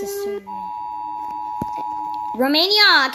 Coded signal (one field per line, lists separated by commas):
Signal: Emergency Alert System (SAME) tones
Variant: 853 and 960 Hz attention tone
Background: speech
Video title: Rating EAS ALARMS (CAUTION: SCARY ALARMS COME UP)